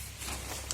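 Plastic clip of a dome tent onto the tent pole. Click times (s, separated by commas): 0.7 s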